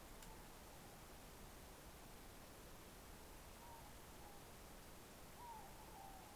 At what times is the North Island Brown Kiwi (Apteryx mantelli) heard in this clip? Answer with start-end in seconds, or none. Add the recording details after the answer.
none. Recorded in New Zealand on 9 December 2013. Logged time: 23:28. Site DE65